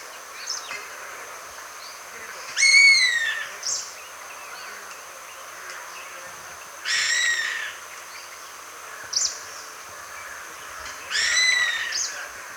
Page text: Indian Pitta Mewing Call. Quick Sounds